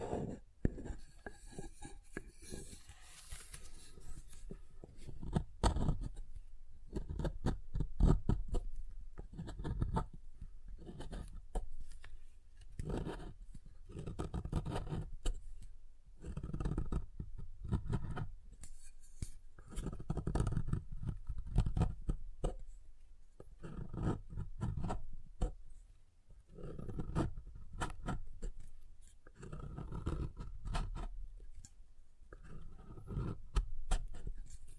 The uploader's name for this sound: SoftHard Soap Tapping and Carving